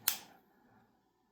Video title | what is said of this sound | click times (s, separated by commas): New Products / Chit Chat | allows this tail piece, which locks into place, to have a tighter fit | 0.1 s